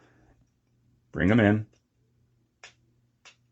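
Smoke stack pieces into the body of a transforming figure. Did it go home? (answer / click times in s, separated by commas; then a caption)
yes / 2.6 s. Someone talks briefly while the plastic smoke stack pieces are brought into the body of a transforming toy figure, where they are meant to click twice at the top and once at the bottom. A sharp click is heard at 2.6 s, followed by another short click near 3.3 s, and the smoke stacks are seated in their positions.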